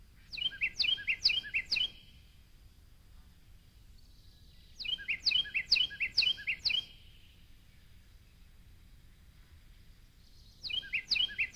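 Carolina wren song, three bouts of roughly four repeated chirping phrases, each bout separated by a few seconds of quiet, with a soft steady hiss behind.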